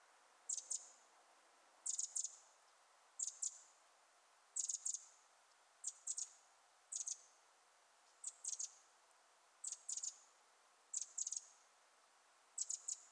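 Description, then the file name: Eurasian wren repeating short, high, dry rattling double bursts many times. "Troglodytes troglodytes"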